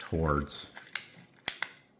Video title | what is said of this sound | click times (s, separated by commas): Mazda CX-30 Key fob Battery Change | It should slide on and click in place and you're all good. | 1.5 s, 1.6 s